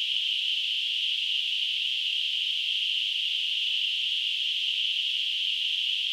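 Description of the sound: Simulated tinnitus: a steady, continuous band of high-pitched hissing noise centred around 3 kHz, unchanging in loudness throughout, with nothing below about 1 kHz.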